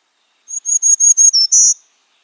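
Black-throated green warbler song: a string of high, buzzy, evenly spaced notes, a brief dip, then a final drawn-out buzzy note, heard alone.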